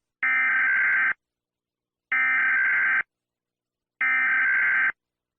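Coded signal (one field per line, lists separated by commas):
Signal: Emergency Alert System (SAME) tones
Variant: header bursts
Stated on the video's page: Fictional earthquake scenario, not a real alert.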